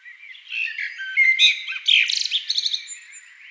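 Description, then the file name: Eurasian blackbird song phrase, a short fluted warble rising into a burst of rapid, high, scratchy notes. "amsel"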